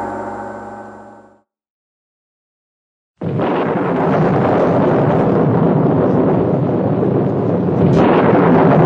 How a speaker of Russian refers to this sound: Сухим грохотом разорвал небо новый удар грома, и, казалось, дождь застучал по крыше еще сильнее. И отчаянно застонали старые высокие березы, терзаемые бурей.